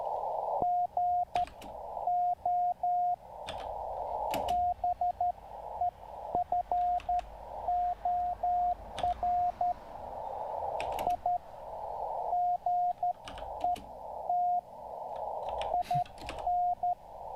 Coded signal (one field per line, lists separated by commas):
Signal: Morse code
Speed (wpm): 12 wpm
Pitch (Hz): 720 Hz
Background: radio noise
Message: GO BEFOR I GET IN